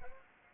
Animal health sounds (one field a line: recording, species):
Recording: mosquito wingbeat signal from an infrared sensor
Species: Anopheles arabiensis